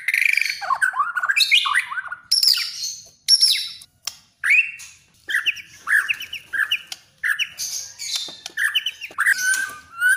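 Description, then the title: Oriental magpie-robin singing a varied run of sweet whistles, slurred downward notes and brief chirps, broken by short pauses. "kacer"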